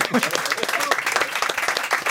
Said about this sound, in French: S'il vous plaît, on applaudit.